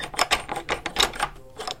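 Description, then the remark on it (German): A key rattles and turns in a door lock as two people lock the door, giving a quick series of sharp metallic clicks and scrapes over about two seconds, with no voices. “Sie schließen die Tür zu.”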